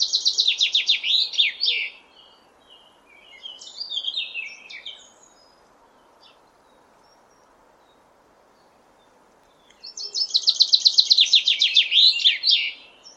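Common chaffinch song: a fast, descending rattle with a terminal flourish, repeated after a long pause, with a softer, shorter chirping phrase between the two songs.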